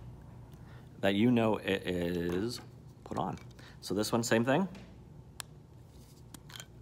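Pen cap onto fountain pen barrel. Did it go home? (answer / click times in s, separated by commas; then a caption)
yes / 5.4 s. A cap is pushed onto the barrel of a second, more expensive fountain pen while someone talks. A crisp click is heard at 5.4 s, and the cap is seated.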